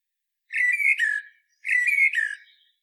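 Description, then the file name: Common blackbird giving two similar, rich warbled phrases about a second apart, each with a slightly harsh, chuckling edge. "Turdus merula"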